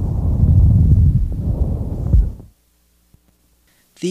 Bronchial breath sounds. These. Characteristically loud, high-pitched bronchial breath sounds resemble the sound of air blowing through a hollow pipe. Their expiratory phase is louder and longer than their inspiratory phase. They are present normally only over the manubrium, and there is a distinct pause between the inspiratory and expiratory phases. The appearance of bronchial breath sounds over the periphery of the lung may mean abnormal sound transmission because of consolidated lung tissue, as in pneumonia.